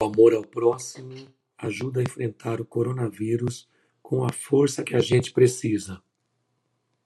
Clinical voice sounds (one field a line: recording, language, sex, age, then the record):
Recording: spoken sentence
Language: Brazilian Portuguese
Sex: male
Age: 50 to 59 years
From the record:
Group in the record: control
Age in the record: 51 years